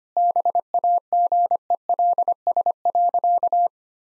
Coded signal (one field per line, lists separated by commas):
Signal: Morse code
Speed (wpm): 25 wpm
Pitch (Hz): 700 Hz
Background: none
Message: BAGELS.